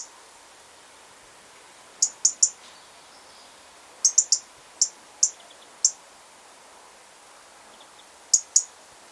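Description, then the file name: European robin ticking calls, short high clicks in small bursts with gaps of a second or more, against a soft low hiss. "Erithacus rubecula"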